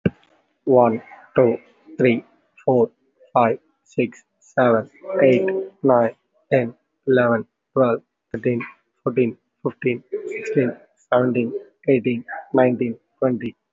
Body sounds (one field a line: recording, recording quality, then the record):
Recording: counting at a normal pace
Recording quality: excellent, no background noise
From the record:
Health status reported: respiratory illness, not identified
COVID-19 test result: negative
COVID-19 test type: RT-PCR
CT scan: taken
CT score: 0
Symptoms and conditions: another respiratory illness, another condition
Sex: male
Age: 19 years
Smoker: no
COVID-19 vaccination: none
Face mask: worn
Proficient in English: yes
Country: India